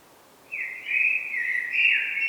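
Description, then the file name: Common blackbird singing a continuous mellow warble that wavers up and down, growing slightly louder toward the end. "Turdus merula"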